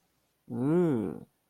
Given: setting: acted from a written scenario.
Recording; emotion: vocal sound without words; disgust